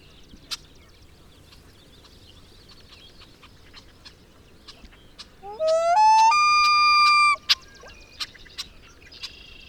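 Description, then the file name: Common loon gives one drawn-out wail that jumps upward in steps and holds, among scattered faint clicks. "Common Loon - Gavia immer"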